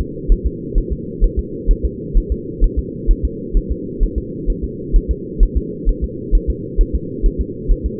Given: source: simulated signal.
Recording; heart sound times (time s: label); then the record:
fetal heart sounds
0.01 s: S2
0.32 s: S1
0.46 s: S2
0.78 s: S1
0.92 s: S2
1.24 s: S1
1.39 s: S2
1.71 s: S1
1.85 s: S2
2.18 s: S1
2.32 s: S2
2.64 s: S1
2.79 s: S2
3.11 s: S1
3.25 s: S2
3.57 s: S1
3.72 s: S2
4.03 s: S1
4.18 s: S2
4.50 s: S1
4.64 s: S2
4.96 s: S1
5.11 s: S2
5.43 s: S1
5.57 s: S2
5.89 s: S1
6.04 s: S2
6.35 s: S1
6.50 s: S2
6.81 s: S1
6.95 s: S2
7.26 s: S1
7.41 s: S2
7.72 s: S1
7.86 s: S2
From the record:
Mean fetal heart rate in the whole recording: 130 bpm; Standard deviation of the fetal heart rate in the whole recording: 2 bpm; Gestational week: 38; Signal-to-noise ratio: -4.1 dB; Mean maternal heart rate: no maternal heart sound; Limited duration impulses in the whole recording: absent